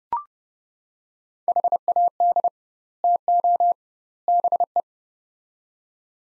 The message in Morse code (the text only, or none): HAD TO BE